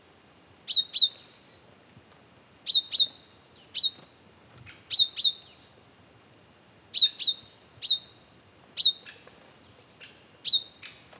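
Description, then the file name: Great tit giving crisp paired call notes in several doubled bursts throughout, with thin high notes in the gaps. "Parus major"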